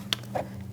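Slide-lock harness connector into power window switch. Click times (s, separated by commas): 0.1 s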